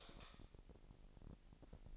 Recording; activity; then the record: daily activity, microphone in the room; light off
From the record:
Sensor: 5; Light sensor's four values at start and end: 16/38/15/17 and 16/37/15/16